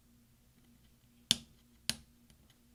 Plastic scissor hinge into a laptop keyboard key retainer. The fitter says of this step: and you're going to push down on the top until it clicks.